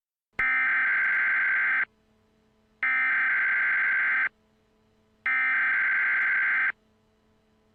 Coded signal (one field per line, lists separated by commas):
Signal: Emergency Alert System (SAME) tones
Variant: header bursts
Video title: EAS Scenario: Voldemort visits the U S